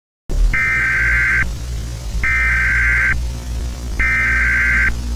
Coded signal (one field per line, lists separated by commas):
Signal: Emergency Alert System (SAME) tones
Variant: header bursts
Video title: Friday Night Funkin: The Corruption | A Halloween EAS Scenario